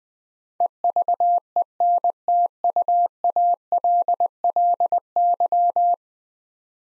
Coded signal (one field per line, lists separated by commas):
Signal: Morse code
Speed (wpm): 20 wpm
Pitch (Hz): 700 Hz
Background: none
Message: EVENTUALLY